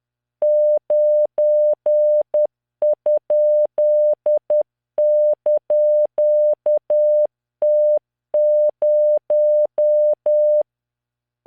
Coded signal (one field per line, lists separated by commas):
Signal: Morse code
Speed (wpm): 10 wpm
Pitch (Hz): 600 Hz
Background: none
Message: 9?)T0